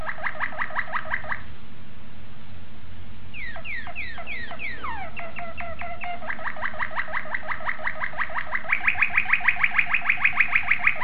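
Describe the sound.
Domestic canary singing: a short rapid trill, a burst of sweeping slurred notes, then long fast rolling trills that grow louder and higher toward the end.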